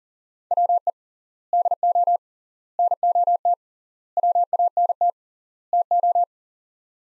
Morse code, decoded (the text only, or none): WE DO NOT WANT TO